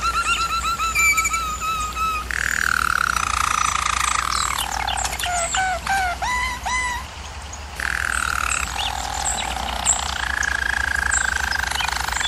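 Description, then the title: German Roller canary song: quick bubbling notes give way to a falling hollow roll, a few separate swooping notes, then renewed low, even rolling. Singing; used for canary training. "German Roller Canary Singing - Canary Training Vid"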